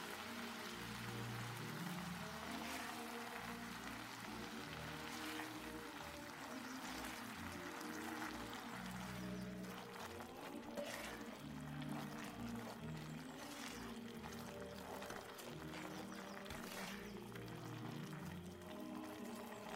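Oldies music plays steadily with a shifting low melody, while kitchen clatter and brief clinks and scrapes pop up throughout the cooking sounds.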